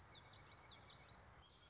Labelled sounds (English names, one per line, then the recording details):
Common Yellowthroat
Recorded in Sonoma County, California